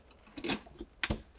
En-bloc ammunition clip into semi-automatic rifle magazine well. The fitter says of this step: Escuchamos el clic, soltamos,